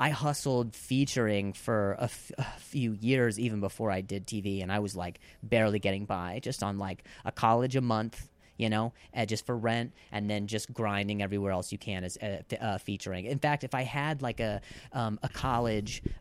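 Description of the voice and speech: An adult man who has a stutter speaks conversationally at a moderate pace. Occasional part-word repetitions ("fə… fə… few") and stretched sounds with brief hesitations break otherwise fluent phrases. These are mild stuttering disfluencies.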